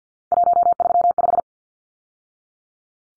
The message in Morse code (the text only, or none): 135